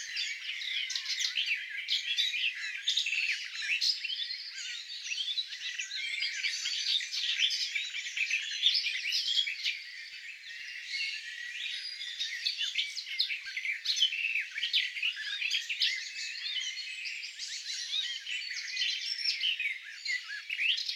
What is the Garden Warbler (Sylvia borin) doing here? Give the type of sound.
song